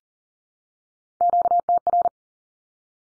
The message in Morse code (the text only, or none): QTR